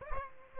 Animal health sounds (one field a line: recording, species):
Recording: mosquito wingbeat signal from an infrared sensor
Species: Aedes aegypti